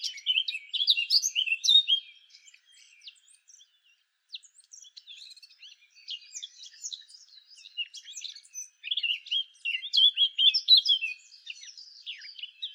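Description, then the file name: Eurasian blackcap with a loud burst of scratchy warbling, a quieter sparse stretch, then renewed rapid twittering phrases in the last few seconds. "Sylvia atricapilla"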